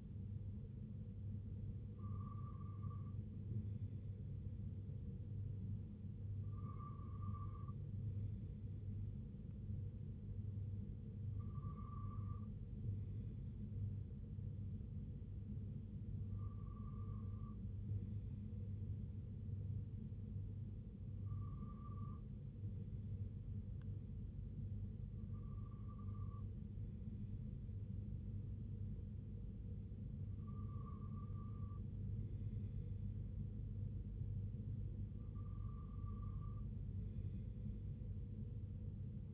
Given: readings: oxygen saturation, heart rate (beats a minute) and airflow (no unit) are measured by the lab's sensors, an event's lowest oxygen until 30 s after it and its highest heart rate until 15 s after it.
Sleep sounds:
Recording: breathing in sleep by a smartphone at the bedside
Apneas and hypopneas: none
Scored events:
none scored
From the record:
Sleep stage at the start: N2 (light sleep)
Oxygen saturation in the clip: 94 to 96%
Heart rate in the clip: 65 to 70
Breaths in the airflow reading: 8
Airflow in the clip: -5.0 to 2.9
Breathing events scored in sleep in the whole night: 258 in 7.4 hours asleep

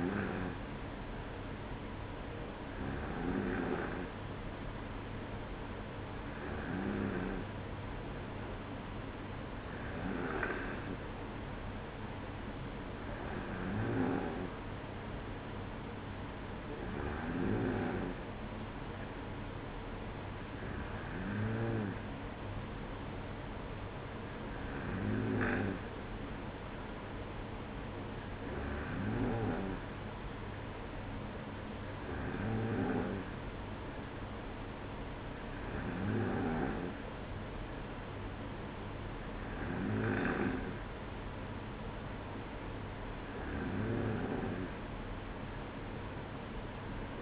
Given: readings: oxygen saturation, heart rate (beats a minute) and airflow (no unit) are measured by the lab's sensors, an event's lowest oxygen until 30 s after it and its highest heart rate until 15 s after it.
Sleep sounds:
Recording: breathing in sleep by a voice recorder at the bedside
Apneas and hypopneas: none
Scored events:
none scored
From the record:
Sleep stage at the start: N2 (light sleep)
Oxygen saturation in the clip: 94%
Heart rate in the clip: 55 to 57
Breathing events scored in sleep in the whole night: 305 in 9.6 hours asleep

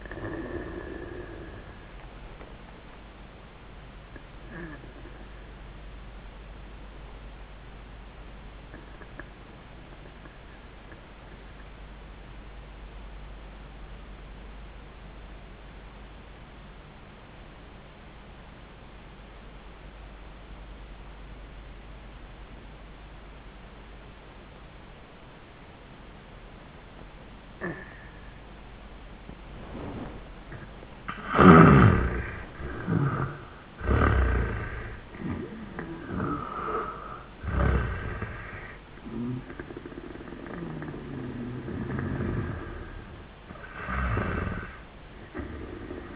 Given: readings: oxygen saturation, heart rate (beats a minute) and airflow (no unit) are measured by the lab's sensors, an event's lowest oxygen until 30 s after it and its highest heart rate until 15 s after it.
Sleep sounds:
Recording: breathing in sleep by a voice recorder at the bedside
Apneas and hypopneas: 1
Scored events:
6.00-30.20 s: obstructive apnea (N1, oxygen 98% highest, then 77% lowest, heart rate 92 at the start, 98 highest)
10.00-40.00 s: new sleep stage, N2 (light sleep)
40.00-46.16 s: new sleep stage, N1 (lightest sleep)
From the record:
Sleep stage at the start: N1 (lightest sleep)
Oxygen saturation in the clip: 79 to 98%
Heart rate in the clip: 76 to 100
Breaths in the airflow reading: 4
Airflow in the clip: -20.1 to 10.4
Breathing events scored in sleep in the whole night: 400 in 8.7 hours asleep

